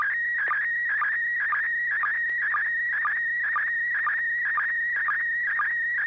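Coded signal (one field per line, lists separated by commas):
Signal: SSTV (slow-scan television)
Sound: warbling tone sliding around mid pitch, short low chirp about twice a second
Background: steady low hum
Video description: River City ARCS SSTV Net 9 pm Wednesdays Pacific Time on N6NA FM repeater 441.300 MHz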